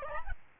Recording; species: mosquito wingbeat signal from an infrared sensor; Aedes albopictus